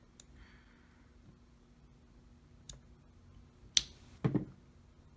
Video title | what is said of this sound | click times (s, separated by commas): How To GLOCK? (19 Gen4) - Complete Dissemble & Reassemble to Clean - POWERHOUSE TACTICAL | and make sure that you hear that click make sure to hear that click | 3.8 s